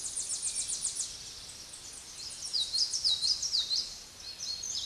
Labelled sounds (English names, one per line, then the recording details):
Tennessee Warbler song
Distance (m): 20 m
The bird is about 15 m above the microphone
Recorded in a Pennsylvania forest on 16 May 2024 at 06:18
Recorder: AudioMoth, point MSD-2349
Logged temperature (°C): 15.8 °C
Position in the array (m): 39 m, 54 m